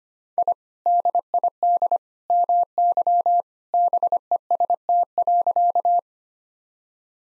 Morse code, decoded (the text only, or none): I DID MY BEST.